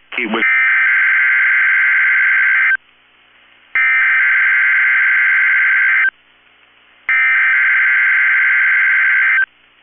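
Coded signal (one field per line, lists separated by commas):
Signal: Emergency Alert System (SAME) tones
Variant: header bursts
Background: speech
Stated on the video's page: Required weekly test from a NOAA Weather Radio station.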